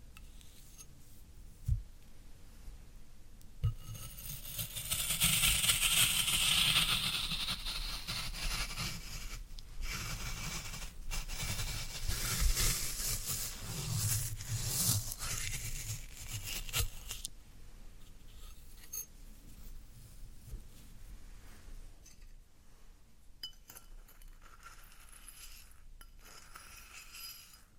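Floral foam being handled, with a dense, crumbly crackling and squeaking that swells around 4 to 7 seconds and stays busy until about 17 seconds. After that the sound thins into sparse, quieter scratches and small taps, with occasional sharper clicks scattered throughout.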